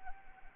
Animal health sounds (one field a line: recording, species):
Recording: mosquito wingbeat signal from an infrared sensor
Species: Anopheles arabiensis